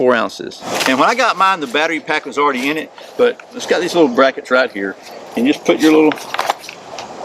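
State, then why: Seated. Someone talks while lining up the small brackets of the detachable solar panel on a Ghostek NRG Camper Solar Backpack, which already has its battery pack inside, and pressing them onto the backpack mount. Two short, sharp clicks are heard at 6.7 s and 7.0 s as the panel bracket snaps into place and seats.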